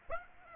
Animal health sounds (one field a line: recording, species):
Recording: mosquito wingbeat signal from an infrared sensor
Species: Aedes aegypti